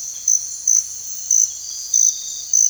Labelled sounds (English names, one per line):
none